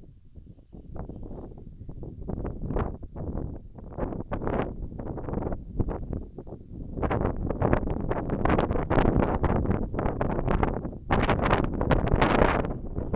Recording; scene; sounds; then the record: everyday scene through a hearing-aid microphone; wind on the microphone; wind, birds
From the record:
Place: in front of a rural house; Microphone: behind the ear, left, rear